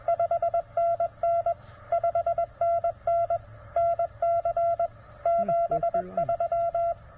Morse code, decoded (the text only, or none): 5NN 5NN NC 73